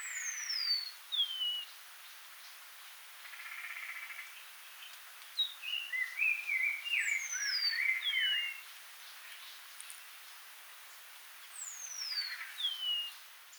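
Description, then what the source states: Lavender waxbill calls: thin, high whistles sliding steeply downward, repeated several times, with a few sharper mid-pitched chirps in the middle, over steady background hiss. Wassadou, Senegal, 16 June 2018.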